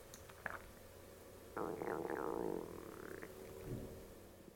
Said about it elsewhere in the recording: That's the sound of my stomach talking at 11:35. I drank my coffee-est Soylent at about 8:30.